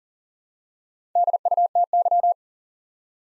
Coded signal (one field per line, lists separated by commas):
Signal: Morse code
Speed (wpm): 43 wpm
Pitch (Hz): 700 Hz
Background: none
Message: DUTY